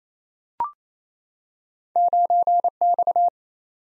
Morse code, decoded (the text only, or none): 9X